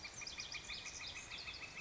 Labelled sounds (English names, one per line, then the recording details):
Northern Flicker
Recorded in Sonoma County, California